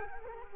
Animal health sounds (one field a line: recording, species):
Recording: mosquito wingbeat signal from an infrared sensor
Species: Culex quinquefasciatus